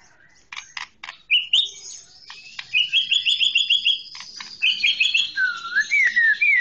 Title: Kicau Kacer